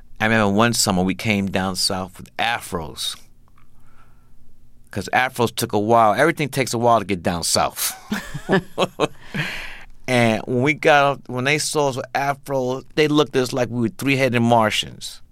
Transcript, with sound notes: I remember one summer, we came down South with afros 'cause afros took a while - everything takes a while to get down South.
(LAUGHTER)
And when we got off - when they saw us with afros, they looked at us like we were three-headed Martians.